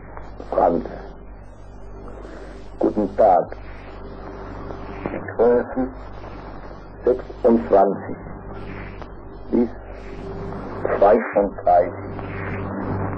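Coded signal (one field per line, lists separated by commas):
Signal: numbers station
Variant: G01, German voice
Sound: male voice speaking short separate words with pauses, over hum and static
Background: radio static, hum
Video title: Zahlensender/Number Station "G01" ("Tyrolean Music Station") (F) (1971)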